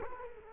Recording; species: mosquito wingbeat signal from an infrared sensor; Culex quinquefasciatus